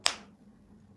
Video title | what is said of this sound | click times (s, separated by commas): #لولا #لايف ايه رايكم بوزني الحالي؟ والله كده احسن او ايه؟ | التيك كده اهو قفل تمام | 0.1 s